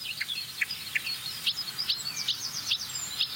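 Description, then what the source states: Marsh warbler song, a quick run of high twittering notes with sharp clicks repeated in quick succession over faint background hiss. Song with mimicry, opening with a barn swallow imitation; most of its imitations are of African species.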